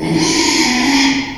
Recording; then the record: squeal of a Yucatan mini pig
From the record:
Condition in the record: after surgery on the right vocal fold (resection and tissue-engineered implant); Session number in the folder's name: 2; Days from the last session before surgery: 13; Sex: male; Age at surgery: 12 weeks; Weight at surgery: 13 kg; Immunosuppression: cyclosporine, prednisolone